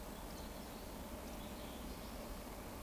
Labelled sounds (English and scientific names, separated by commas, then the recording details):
Eurasian Woodcock (Scolopax rusticola) whistle
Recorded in Baden-Württemberg, Germany, on 12 June 2020 at 20:00 UTC
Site 14569, 102 m above sea level